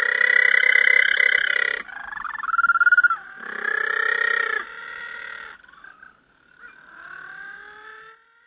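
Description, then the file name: Little penguin braying, loud rasping phrases with whining higher notes, fading into softer trailing calls toward the end. Calls recorded at a breakwater in St Kilda on 21 November 2009. "20091121 Little Penguin calls at St Kilda Breakwater"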